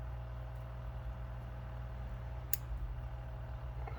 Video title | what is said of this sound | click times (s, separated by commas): monogram 57 Chevrolet corvette model kit review | heard a click so we're halfway there there we go you can have the white wall look | 2.5 s